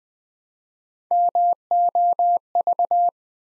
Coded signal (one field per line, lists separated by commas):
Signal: Morse code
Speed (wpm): 20 wpm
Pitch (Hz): 700 Hz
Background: none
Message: MOV